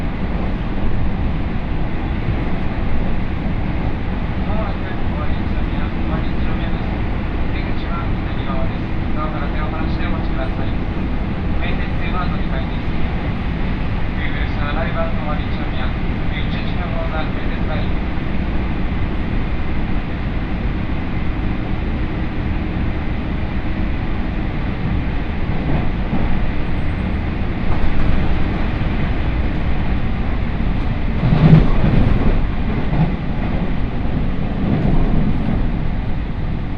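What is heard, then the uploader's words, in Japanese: Inside a Tokaido Line local train running from Gifu to Nagoya, a steady low rumble fills the whole stretch. Faint voices surface now and then, especially around ten to eighteen seconds, and a brief louder clatter comes near thirty-one seconds. 東海道本線各駅停車 岐阜→名古屋。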